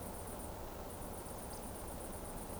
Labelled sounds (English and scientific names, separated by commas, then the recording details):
Eurasian Woodcock (Scolopax rusticola) whistle
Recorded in Baden-Württemberg, Germany, on 24 June 2020 at 20:34 UTC
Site 14569, 102 m above sea level